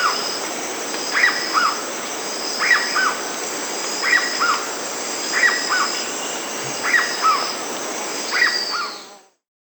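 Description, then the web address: Black-bellied cuckoo giving a series of two-part calls, each a bright note and a lower follow-up, roughly every one and a half seconds, with steady insect buzzing above. South America. "Natures Songs S America Black-bellied Cuckoo"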